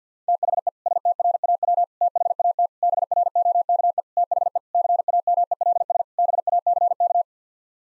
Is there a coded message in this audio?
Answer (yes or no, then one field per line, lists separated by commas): yes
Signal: Morse code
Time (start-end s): 0.3-7.2 s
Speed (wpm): 50 wpm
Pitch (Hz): 700 Hz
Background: none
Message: THE STRAW THAT BROKE THE CAMELS BACK